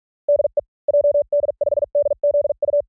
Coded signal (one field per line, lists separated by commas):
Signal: Morse code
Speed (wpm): 46 wpm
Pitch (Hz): 580 Hz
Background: none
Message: DE JD5DZU